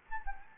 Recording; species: mosquito wingbeat signal from an infrared sensor; Anopheles gambiae